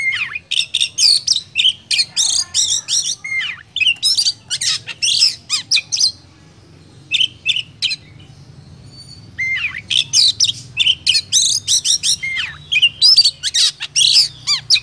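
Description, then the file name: Oriental magpie-robin song in energetic bursts of squawky chirps and bright whistled slurs, with a quieter stretch of few notes in the middle before the singing returns. Used as a lure for trapping. "suara burung kacer pikat"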